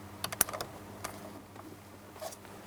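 A plastic wiring harness connector, lined up by its locking tab, is pressed onto a new cruise control switch in a 2008-2016 Chrysler Town & Country. A few light plastic ticks and taps lead to one sharp click at 0.4 s, followed by quieter handling sounds. The connector is seated, and the harness is then wiggled to check that it holds.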